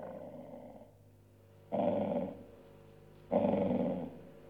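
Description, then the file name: Dog growling: a low rumbling growl that fades, followed by two louder, harsh growls of about one second each. "cani dog"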